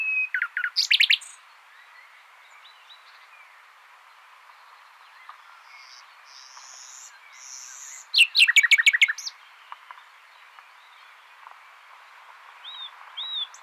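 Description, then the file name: Common nightingale song: a short burst of sharp notes, a long pause with faint whistles, then a fast, rattling series of loud notes. "Luscinia megarhynchos"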